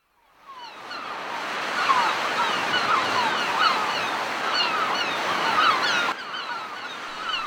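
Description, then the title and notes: Herring gulls calling, many downslurred cries overlapping throughout, over steady rushing surf. Herring gulls calling at sea cliffs, sea breaking at the cliff base, wind gusting on the cliff top. "BBC-Soundarchiv: Sea Cliffs - Herring gulls calling. Sea breaking at base of cliffs. Wind gusting on cliff top."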